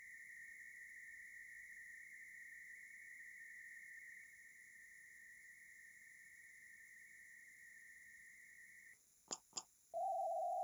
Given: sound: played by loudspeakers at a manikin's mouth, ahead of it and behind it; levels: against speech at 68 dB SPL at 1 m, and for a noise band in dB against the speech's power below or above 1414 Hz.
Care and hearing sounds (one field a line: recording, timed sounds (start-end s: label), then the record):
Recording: test signals for a remote microphone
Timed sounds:
0.00-4.24 s: noise band at 2000 Hz, -5 dB
4.24-8.93 s: noise band at 2000 Hz, -10 dB
9.31 s: click
9.56 s: click
9.93-10.63 s: noise band at 707 Hz, -13 dB
From the record:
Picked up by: remote microphone A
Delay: 47 ms